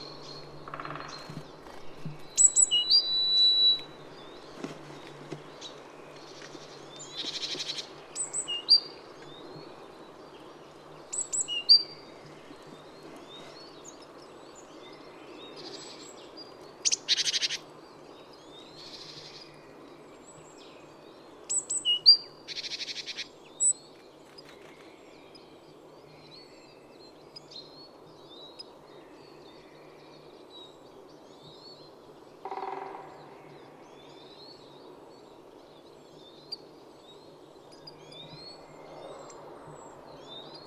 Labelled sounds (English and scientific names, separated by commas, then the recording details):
Great Tit (Parus major) call
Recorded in the wild
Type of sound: call
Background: Picoides major
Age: adult
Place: Schönow, Naturpark Barnim, Brandenburg, DE
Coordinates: 52.6906, 13.5392
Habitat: pine forest
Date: 2005-03-28
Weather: fair, ca. 0°C, moderate winds
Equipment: Tascam DA-P1, Telinga Pro 5
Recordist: Frommolt, Karl-Heinz
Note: Wald zwischen Schönow und Waldfrieden, Kiefernbestand: Rufe. Tier gesehen. Entfernung 5 m. Im Hintergrund Trommeln eines Buntspechtes